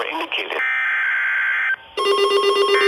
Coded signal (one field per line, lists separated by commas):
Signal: Emergency Alert System (SAME) tones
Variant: header bursts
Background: speech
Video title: Severe thunderstorm warning (EAS #144) 5-3-21 at 7:07PM